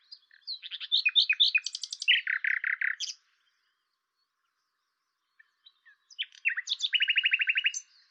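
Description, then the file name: Common nightingale song with a fast mix of chirps and a rattle of repeated notes, a silent gap, then another phrase ending in rapid repeated strokes. "Luscinia megarhynchos"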